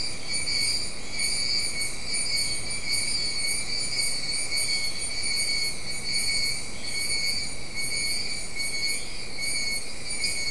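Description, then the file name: Insects trilling continuously in layered high bands, a dense shimmer that never pauses, over a constant low rumble. "mainly insect"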